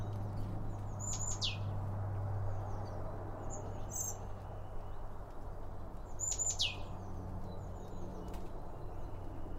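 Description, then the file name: Bird chirps: two sharp, high notes sweeping downward, about six seconds apart, with softer twitters between them over a low hum. Several birds around a bird feeder, recorded with two Line Audio OM1 microphones. "Birds Around Birdfeeding With Two Om 1 From Line Audio"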